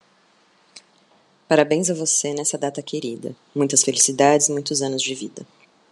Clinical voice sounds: short text; Brazilian Portuguese; female; 30 to 39 years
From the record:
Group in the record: control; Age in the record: 35 years

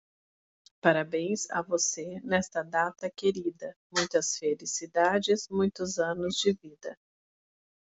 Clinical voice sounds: short text; Brazilian Portuguese; female; 40 to 49 years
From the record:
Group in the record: control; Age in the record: 43 years

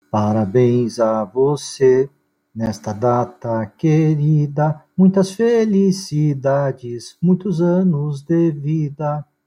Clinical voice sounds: short text; Brazilian Portuguese; male; 50 to 59 years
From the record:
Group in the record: control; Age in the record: 59 years

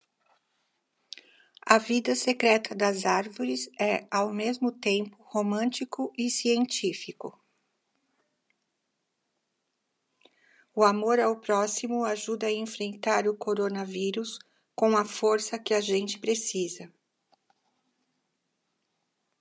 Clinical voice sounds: spoken sentence; Brazilian Portuguese; female; 60 to 69 years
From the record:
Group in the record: control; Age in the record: 60 years

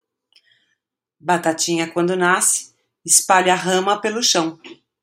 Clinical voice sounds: short text; Brazilian Portuguese; female; 50 to 59 years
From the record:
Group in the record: control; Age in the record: 54 years

